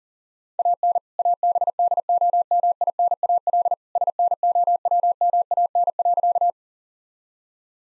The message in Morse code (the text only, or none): AN ABDOMINAL SNOWMAN.